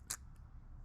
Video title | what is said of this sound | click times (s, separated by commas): Metalcloak Roof Rack Install | and then it just locks into place | 0.1 s